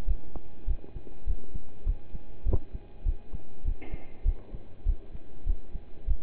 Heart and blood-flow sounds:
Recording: heart sounds by stethoscope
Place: between the tricuspid and mitral areas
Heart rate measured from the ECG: 100 bpm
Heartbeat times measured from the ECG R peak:
0.07 s: heartbeat
0.67 s: heartbeat
1.26 s: heartbeat
1.86 s: heartbeat
2.45 s: heartbeat
3.05 s: heartbeat
3.64 s: heartbeat
4.25 s: heartbeat
4.85 s: heartbeat
5.46 s: heartbeat
6.07 s: heartbeat
From the record:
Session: pedaling a stationary bicycle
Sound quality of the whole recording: partially saturated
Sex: male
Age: 27 years

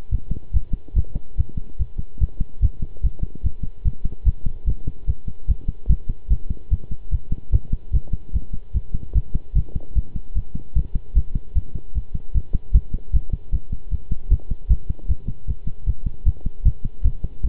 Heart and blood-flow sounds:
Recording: heart sounds by stethoscope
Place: between the tricuspid and mitral areas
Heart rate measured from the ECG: 149 bpm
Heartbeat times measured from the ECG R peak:
0.11 s: heartbeat
0.53 s: heartbeat
0.96 s: heartbeat
1.37 s: heartbeat
1.79 s: heartbeat
2.21 s: heartbeat
2.62 s: heartbeat
3.03 s: heartbeat
3.44 s: heartbeat
3.85 s: heartbeat
4.26 s: heartbeat
4.67 s: heartbeat
5.07 s: heartbeat
5.48 s: heartbeat
5.89 s: heartbeat
6.30 s: heartbeat
6.71 s: heartbeat
7.11 s: heartbeat
7.52 s: heartbeat
7.93 s: heartbeat
8.33 s: heartbeat
8.74 s: heartbeat
9.15 s: heartbeat
9.55 s: heartbeat
9.95 s: heartbeat
10.35 s: heartbeat
10.75 s: heartbeat
11.15 s: heartbeat
11.55 s: heartbeat
11.95 s: heartbeat
12.34 s: heartbeat
12.74 s: heartbeat
13.13 s: heartbeat
13.52 s: heartbeat
13.91 s: heartbeat
14.30 s: heartbeat
14.70 s: heartbeat
15.08 s: heartbeat
15.47 s: heartbeat
15.86 s: heartbeat
16.26 s: heartbeat
16.65 s: heartbeat
17.04 s: heartbeat
17.43 s: heartbeat
From the record:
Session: pedaling a stationary bicycle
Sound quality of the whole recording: good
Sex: male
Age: 23 years

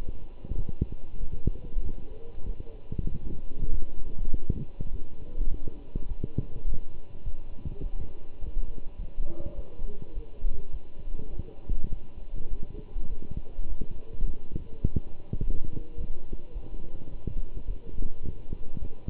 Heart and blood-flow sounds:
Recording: heart sounds by stethoscope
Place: between the tricuspid and mitral areas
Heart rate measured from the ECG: 102 bpm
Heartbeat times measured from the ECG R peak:
0.58 s: heartbeat
1.20 s: heartbeat
1.84 s: heartbeat
2.47 s: heartbeat
3.09 s: heartbeat
3.71 s: heartbeat
4.32 s: heartbeat
4.92 s: heartbeat
5.50 s: heartbeat
6.09 s: heartbeat
6.67 s: heartbeat
7.25 s: heartbeat
7.83 s: heartbeat
8.41 s: heartbeat
8.98 s: heartbeat
9.56 s: heartbeat
10.15 s: heartbeat
10.72 s: heartbeat
11.31 s: heartbeat
11.91 s: heartbeat
12.50 s: heartbeat
13.10 s: heartbeat
13.68 s: heartbeat
14.26 s: heartbeat
14.84 s: heartbeat
15.41 s: heartbeat
15.97 s: heartbeat
16.54 s: heartbeat
17.11 s: heartbeat
17.67 s: heartbeat
18.23 s: heartbeat
18.80 s: heartbeat
From the record:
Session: walking at 3.7 km/h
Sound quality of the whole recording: good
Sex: male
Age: 24 years

